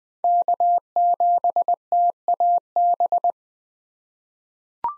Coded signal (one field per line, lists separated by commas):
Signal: Morse code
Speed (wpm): 20 wpm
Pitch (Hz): 700 Hz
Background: none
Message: K7TAB